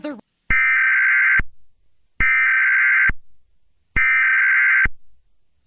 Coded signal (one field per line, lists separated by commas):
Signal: Emergency Alert System (SAME) tones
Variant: header bursts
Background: speech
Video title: eas scenario catemojibabyheat part 19